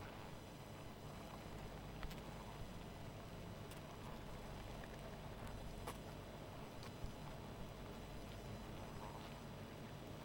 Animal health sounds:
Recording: honeybee colony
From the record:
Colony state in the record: missing queen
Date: 14 July 2017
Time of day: 1:08

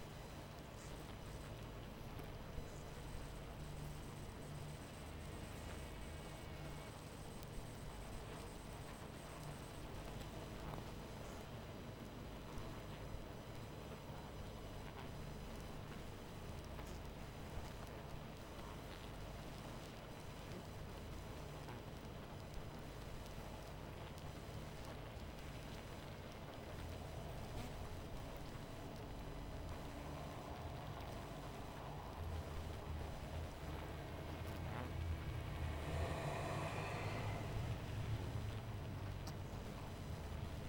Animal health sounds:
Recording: honeybee colony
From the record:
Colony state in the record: missing queen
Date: 14 July 2017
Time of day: 22:50

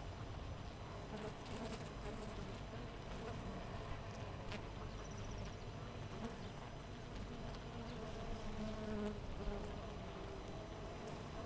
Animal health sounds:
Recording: honeybee colony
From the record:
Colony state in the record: missing queen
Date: 14 July 2017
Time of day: 6:12

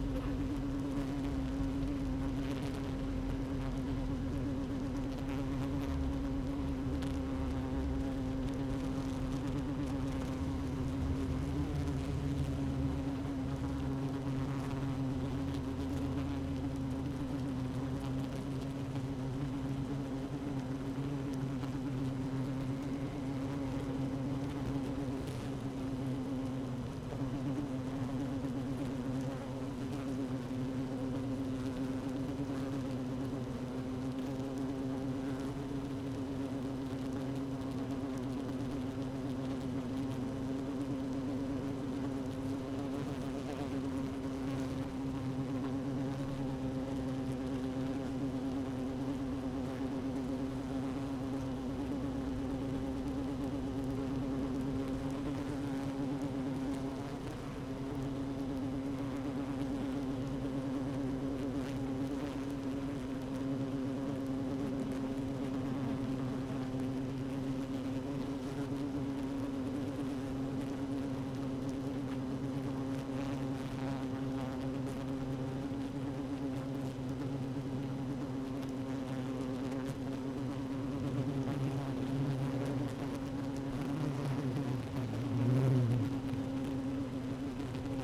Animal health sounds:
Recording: honeybee colony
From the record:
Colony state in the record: active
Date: 12 June 2018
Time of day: 15:14

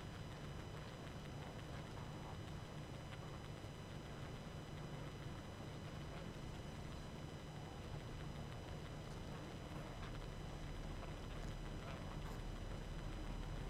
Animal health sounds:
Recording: honeybee colony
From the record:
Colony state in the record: active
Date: 12 June 2018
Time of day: 22:23

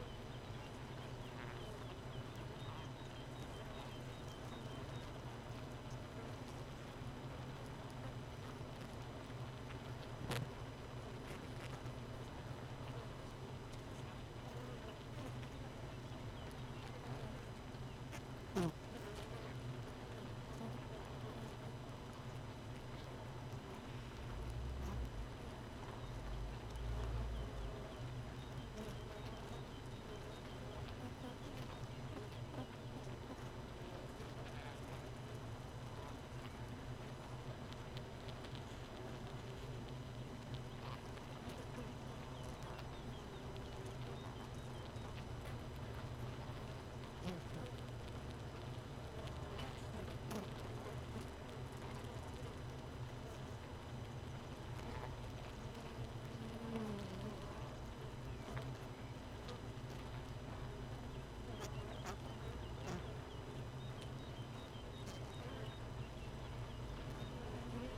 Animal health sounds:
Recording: honeybee colony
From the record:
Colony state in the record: missing queen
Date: 31 May 2018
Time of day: 4:21

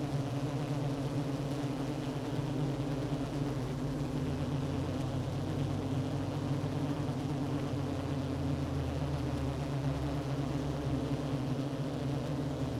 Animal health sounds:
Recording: honeybee colony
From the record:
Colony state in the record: active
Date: 12 June 2018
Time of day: 10:35

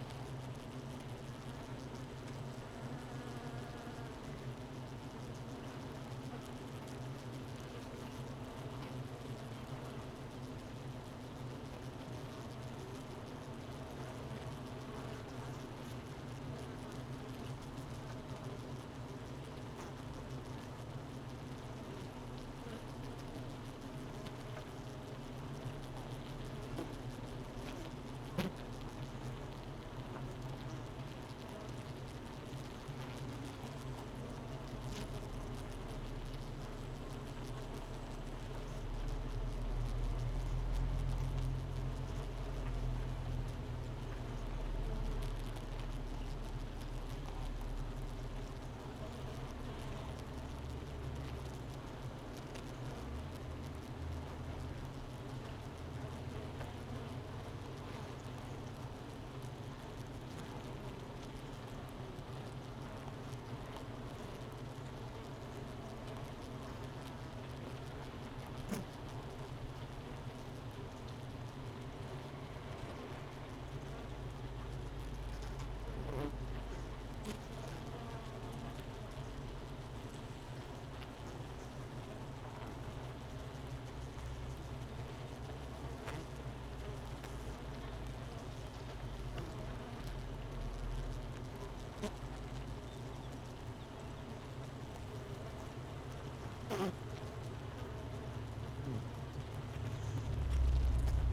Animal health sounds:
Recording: honeybee colony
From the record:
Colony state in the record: missing queen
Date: 31 May 2018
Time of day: 9:50

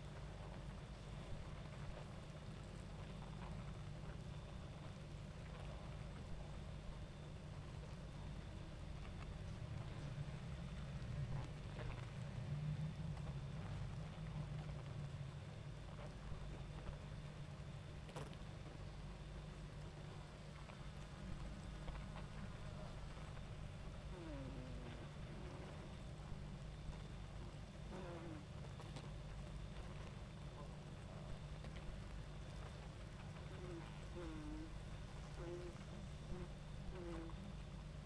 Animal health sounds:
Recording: honeybee colony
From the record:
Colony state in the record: active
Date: 28 July 2017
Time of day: 22:00

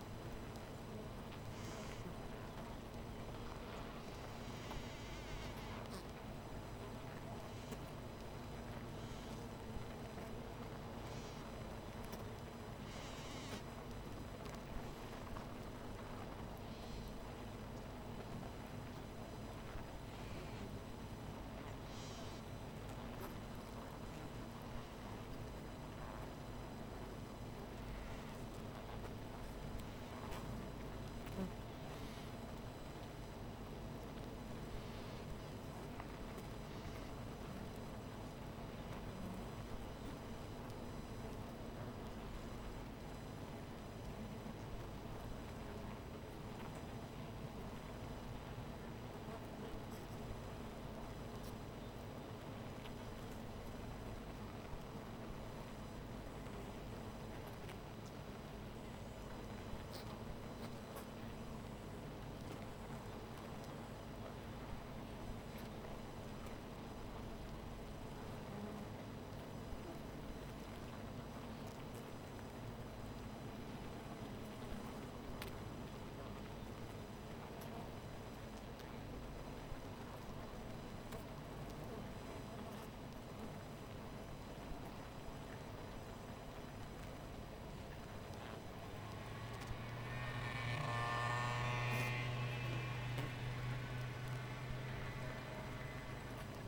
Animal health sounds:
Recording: honeybee colony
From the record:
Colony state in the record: missing queen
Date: 14 July 2017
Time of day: 13:21

